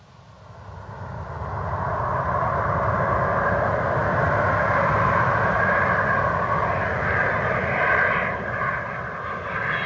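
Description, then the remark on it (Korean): A small private plane carrying a singer arrives on an airfield runway, its engines roaring steadily, swelling up over the first couple of seconds and holding loud, with a droning hum and a high turbine-like whine on top. “비행장 활주로 …를 태운 전용 비행기가 도착했습니다.”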